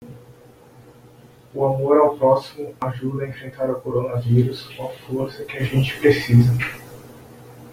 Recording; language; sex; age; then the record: spoken sentence; Brazilian Portuguese; male; 30 to 39 years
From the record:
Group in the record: control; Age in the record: 33 years